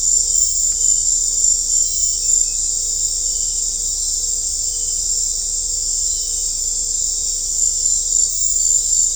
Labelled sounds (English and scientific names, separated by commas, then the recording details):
none
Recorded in dense forest near Puerto Asís, Putumayo, Colombia, on 21 December 2024 at 19:00
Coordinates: 0.500, -76.322
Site G053